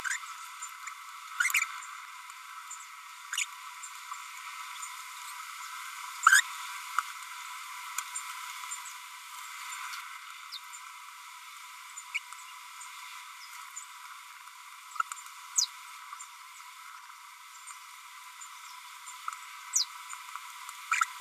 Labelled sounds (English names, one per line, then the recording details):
Green-rumped Parrotlet babbling
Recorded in a nest box in Venezuela
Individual 18B25A3